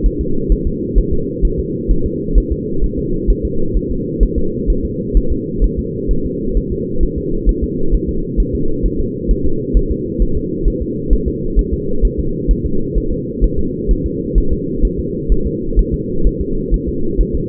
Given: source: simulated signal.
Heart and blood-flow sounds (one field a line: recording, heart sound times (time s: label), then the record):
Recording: fetal heart sounds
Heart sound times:
0.06 s: S1
0.21 s: S2
0.52 s: S1
0.67 s: S2
0.98 s: S1
1.13 s: S2
1.45 s: S1
1.59 s: S2
1.91 s: S1
2.06 s: S2
2.38 s: S1
2.52 s: S2
2.84 s: S1
2.99 s: S2
3.30 s: S1
3.45 s: S2
3.77 s: S1
3.91 s: S2
4.23 s: S1
4.38 s: S2
4.70 s: S1
4.85 s: S2
5.17 s: S1
5.32 s: S2
5.64 s: S1
5.79 s: S2
6.11 s: S1
6.26 s: S2
6.57 s: S1
6.72 s: S2
7.03 s: S1
7.18 s: S2
7.49 s: S1
7.63 s: S2
7.94 s: S1
8.09 s: S2
8.40 s: S1
8.55 s: S2
8.86 s: S1
9.00 s: S2
9.31 s: S1
9.46 s: S2
9.77 s: S1
9.91 s: S2
10.22 s: S1
10.37 s: S2
10.68 s: S1
10.82 s: S2
11.13 s: S1
11.28 s: S2
11.59 s: S1
11.73 s: S2
12.05 s: S1
12.19 s: S2
12.51 s: S1
12.66 s: S2
12.98 s: S1
13.12 s: S2
13.44 s: S1
13.59 s: S2
13.91 s: S1
14.06 s: S2
14.38 s: S1
14.52 s: S2
14.85 s: S1
14.99 s: S2
15.32 s: S1
15.47 s: S2
15.79 s: S1
15.94 s: S2
16.27 s: S1
16.41 s: S2
16.74 s: S1
16.89 s: S2
17.21 s: S1
17.35 s: S2
From the record:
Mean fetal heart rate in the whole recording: 130 bpm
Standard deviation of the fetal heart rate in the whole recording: 2 bpm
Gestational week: 36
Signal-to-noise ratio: -8.1 dB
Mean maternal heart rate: 72 bpm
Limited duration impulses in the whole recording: absent